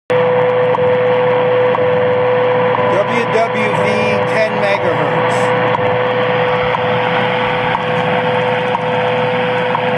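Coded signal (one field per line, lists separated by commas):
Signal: radio time signal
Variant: WWV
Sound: steady 500 Hz tone through static, interrupted by a short tick every second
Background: radio static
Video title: WWV 10 MHz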